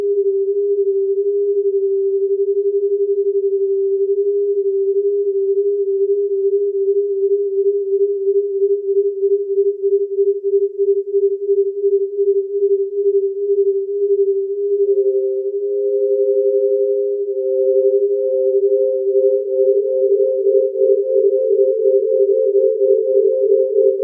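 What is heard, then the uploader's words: Two pure, reedy tones sound close together, beating with a steady, rapid wobble in a low-middle pitch. Around fifteen seconds a higher tone enters above them, and near twenty seconds further tones join, thickening the pulsing into a denser, shifting shimmer. Two reeds beating 50 cents apart, later joined by phasing 4/3 and 9/8.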